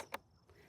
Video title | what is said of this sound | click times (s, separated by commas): ZL6 + ZENTRA Cloud Troubleshooting Guide: Sensor Checks, Battery Fixes & Cellular Test | You're going to feel two clicks when we do this. | 0.1 s